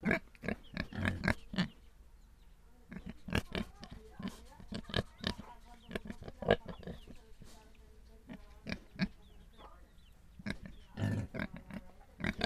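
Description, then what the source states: Pig grunting: short, harsh grunts in bunches, quick runs at the start and end and scattered single grunts in between. Holophonic (olofonia) recording.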